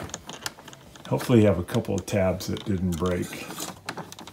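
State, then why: Not seated. Plastic tabs on the display module housing of a Keurig coffee maker are being handled, and someone talks over a few light clicks and taps. Nothing has seated or clicked home yet.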